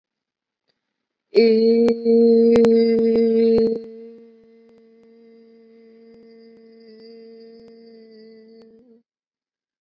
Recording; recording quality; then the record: sustained vowel as in made; excellent, no background noise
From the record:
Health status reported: respiratory illness, not identified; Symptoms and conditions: sore throat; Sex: female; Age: 28 years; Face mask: not worn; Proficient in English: yes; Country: India